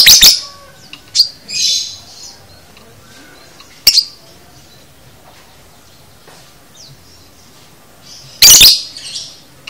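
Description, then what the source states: Lovebird opening with a harsh shriek and buzzy chirps, a sharp clipped note, a long quiet gap, then a final loud screech. Masteran (training audio) for teaching a lovebird the konslet chatter style.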